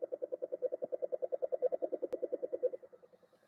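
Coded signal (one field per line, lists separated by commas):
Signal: radio time signal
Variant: RWM fast pips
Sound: rapid steady train of short tone pips, about ten per second, like a buzzing engine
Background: radio static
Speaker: it's fast time pips right now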